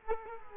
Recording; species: mosquito wingbeat signal from an infrared sensor; Culex quinquefasciatus